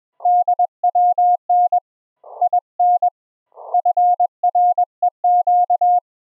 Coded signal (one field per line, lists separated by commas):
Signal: Morse code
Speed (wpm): 20 wpm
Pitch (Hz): 710 Hz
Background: none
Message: DWN IN FREQ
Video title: Experimental Ham Radio REMOTE RIG AUDIO setup - TCP IP audio OVER the LAN - LIVE HF QSO demo